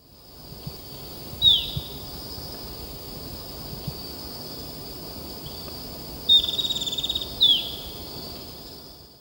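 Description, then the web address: Golden-faced tyrannulet: a single high falling note, a long pause, then a quavering note and another down-slurred call, all over a constant high insect drone. Recorded in Ecuador. "Natures Songs S America Birds of Ecuador Golden-faced Tyrannulet"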